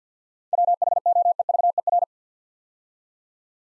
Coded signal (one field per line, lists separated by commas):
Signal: Morse code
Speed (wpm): 47 wpm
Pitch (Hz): 700 Hz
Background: none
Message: WHOEVER